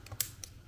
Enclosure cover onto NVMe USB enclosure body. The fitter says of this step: until it clicks so